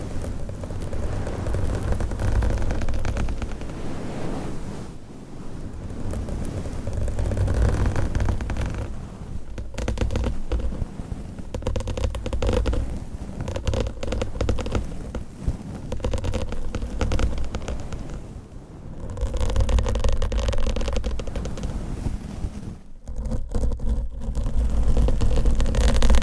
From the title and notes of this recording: ASMR Mic Scratching & Massage with XXL ULTRA LONG NAILS , Different Mic Covers & Mics No Talking.